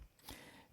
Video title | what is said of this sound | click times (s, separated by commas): Trumpet Maintenance | piston uh finger button will just spin and i want to turn it until it clicks into place | 0.3 s